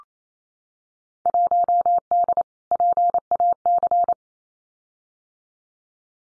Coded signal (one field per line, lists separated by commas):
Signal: Morse code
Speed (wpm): 28 wpm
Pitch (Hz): 700 Hz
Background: none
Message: 1D PAC